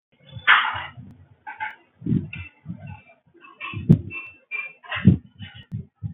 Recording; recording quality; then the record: shallow breathing; poor, much background noise or distortion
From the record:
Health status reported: healthy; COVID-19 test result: not tested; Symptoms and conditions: none ticked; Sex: male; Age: 25 years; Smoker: not ticked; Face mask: not worn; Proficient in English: yes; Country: India